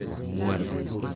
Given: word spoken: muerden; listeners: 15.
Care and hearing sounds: one Spanish word in noise, from a listening test; eight-talker babble; -0.5 dB; 0 of 15; 10 of 15; 0.75 s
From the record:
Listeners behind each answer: 10, 4, 1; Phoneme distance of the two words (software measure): 17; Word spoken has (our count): 2 syllables, 7 phonemes, stress on syllable 1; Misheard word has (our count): 2 syllables, 6 phonemes, stress on syllable 1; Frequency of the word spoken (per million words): 0.62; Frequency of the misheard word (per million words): 277.53

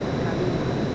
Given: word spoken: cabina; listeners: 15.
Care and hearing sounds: one Spanish word in noise, from a listening test; speech-shaped noise; -6.6 dB; 0 of 15; 7 of 15; 0.55 s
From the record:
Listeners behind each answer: 7, 1, 1, 1, 1, 1, 1, 1, 1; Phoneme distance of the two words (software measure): 20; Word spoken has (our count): 3 syllables, 6 phonemes, stress on syllable 2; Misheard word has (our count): 3 syllables, 6 phonemes, stress on syllable 2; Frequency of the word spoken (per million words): 7.88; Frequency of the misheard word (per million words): 195.53

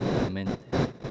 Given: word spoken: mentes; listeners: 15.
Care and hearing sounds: one Spanish word in noise, from a listening test; noise modulated by one talker; -7.7 dB; 0 of 15; 14 of 15; 0.71 s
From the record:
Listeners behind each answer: 14, 1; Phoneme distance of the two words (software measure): 7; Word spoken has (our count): 2 syllables, 6 phonemes, stress on syllable 1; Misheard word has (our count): 2 syllables, 5 phonemes, stress on syllable 1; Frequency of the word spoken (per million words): 5.80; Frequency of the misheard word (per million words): 59.95

